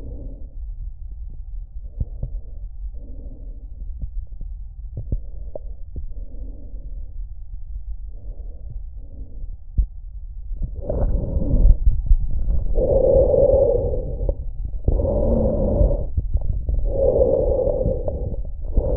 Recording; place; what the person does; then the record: lung sounds by stethoscope; trachea; quiet breathing, then deep breathing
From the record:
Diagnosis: interstitial lung disease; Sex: male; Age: 75 years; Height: 167 cm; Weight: 68 kg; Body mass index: 24.4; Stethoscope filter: extended mode